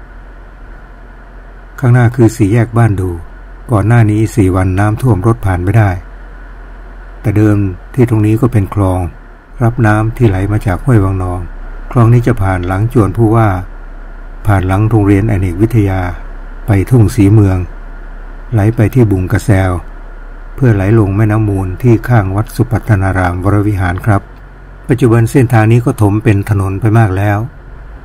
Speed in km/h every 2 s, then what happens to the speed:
6, 3, 1, 2, 3, 2, 3, 3, 2, 2, 3, 3, 6, 12.
3-19 standing. 19-28 pulls away to 12.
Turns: none.